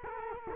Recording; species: mosquito wingbeat signal from an infrared sensor; Culex quinquefasciatus